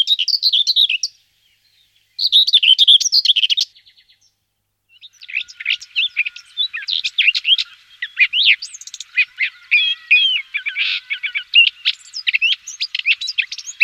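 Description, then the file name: Common whitethroat singing scratchy, rapid phrases, then after a brief pause a long run of dry, jumbled twittering notes. "pěnice-hnědokřídlá"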